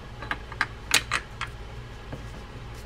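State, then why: Not seated. A side case cover is handled over the body of a Penn SpinFisher 6500SS spinning reel during a gear service, giving a few short, bright clicks and taps around 0.3, 0.6, 0.9, 1.2 and 1.4 seconds, with a fainter tap near 2.1 seconds. The cover has not seated or clicked home yet.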